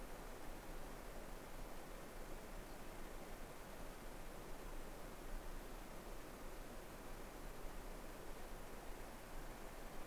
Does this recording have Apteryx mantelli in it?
no